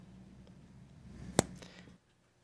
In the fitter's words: listen for the snap when the contact locks into place